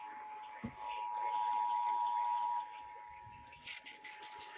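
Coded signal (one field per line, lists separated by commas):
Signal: Emergency Alert System (SAME) tones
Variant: 853 and 960 Hz attention tone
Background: speech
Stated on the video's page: Required Monthly Test EAS heard on broadcast radio or online stream.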